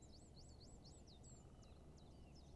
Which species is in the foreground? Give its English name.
Great Spotted Woodpecker